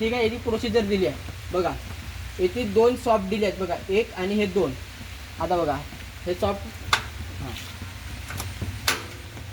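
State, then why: Released. On a Mahindra Paddy Walker 6-row rice transplanter, the plant-to-plant spacing selector shaft in the gearbox is pulled outward to change the spacing while someone talks. The shaft snaps out of its detent with a sharp pop at 8.9 seconds, releasing it.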